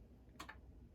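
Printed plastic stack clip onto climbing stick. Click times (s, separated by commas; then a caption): 0.4 s. A 3D-printed plastic stacking clip is pressed onto a climbing stick and snaps into place with a short, sharp click at 0.4 s. A fainter second tick follows at about 0.5 s against a low background hum, and the clip ends up seated.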